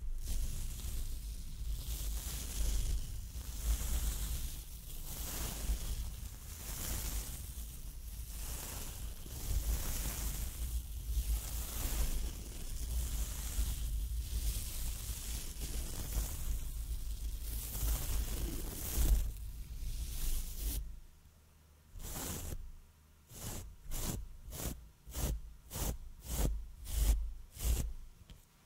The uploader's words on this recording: ASMR soft Mic Brushing. Trying new brushes.